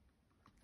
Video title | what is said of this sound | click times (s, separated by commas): How to replace all keycaps on a MacBook Pro A1706, A1707 and A1708 (2016 - 2018) | and then gently lift it until you hear it click | 0.5 s